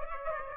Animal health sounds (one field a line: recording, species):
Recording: mosquito wingbeat signal from an infrared sensor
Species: Aedes aegypti